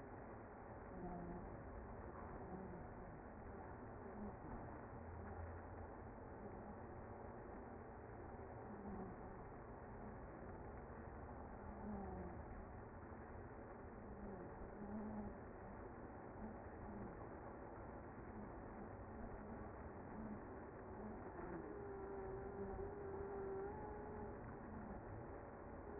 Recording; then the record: honeybee colony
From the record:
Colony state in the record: active